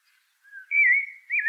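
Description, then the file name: Common blackbird giving a brief mellow whistle that starts softly, then steadies and finishes with a small downward-looping note. "Turdus merula"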